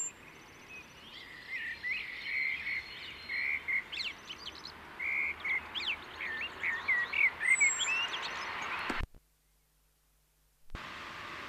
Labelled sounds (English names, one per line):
Common Blackbird